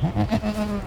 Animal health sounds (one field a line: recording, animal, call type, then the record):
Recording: contact call of a hoofed animal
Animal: goat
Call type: low-frequency (closed-mouth) or high-frequency (open-mouth) call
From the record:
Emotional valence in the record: negative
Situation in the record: short social isolation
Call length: 0.87 s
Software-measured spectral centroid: 1920 Hz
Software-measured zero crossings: 1100 a second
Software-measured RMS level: -24 dBFS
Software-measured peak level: -11 dBFS